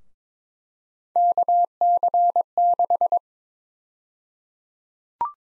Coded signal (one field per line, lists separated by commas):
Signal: Morse code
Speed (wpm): 22 wpm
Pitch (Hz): 700 Hz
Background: none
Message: KC6